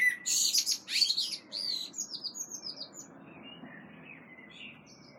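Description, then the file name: Common blackbird giving a loud, high scratchy twitter, then softer whistled notes trailing away over a low background hum. "Turdus merula"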